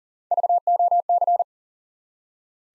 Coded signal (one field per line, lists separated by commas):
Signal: Morse code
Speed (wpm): 40 wpm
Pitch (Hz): 700 Hz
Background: none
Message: VOC